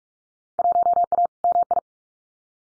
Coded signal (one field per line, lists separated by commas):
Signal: Morse code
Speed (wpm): 44 wpm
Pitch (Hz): 700 Hz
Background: none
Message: 1A MI